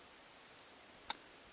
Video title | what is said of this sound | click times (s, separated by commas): New Reels Just In! | Bail is fairly smooth and solid. Clicks, nice click. | 1.1 s